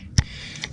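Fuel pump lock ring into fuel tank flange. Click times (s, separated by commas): 0.2 s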